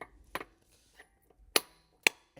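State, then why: Seated. An insert piece is pushed into the center-lock hub opening of a car wheel after its rubber-sealed cover has been pried off. A few faint knocks and handling sounds come before two sharp clicks at 1.6 and 2.1 seconds. The insert snaps in and seats.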